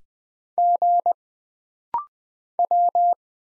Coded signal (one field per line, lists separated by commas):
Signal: Morse code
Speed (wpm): 20 wpm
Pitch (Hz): 700 Hz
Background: none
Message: G W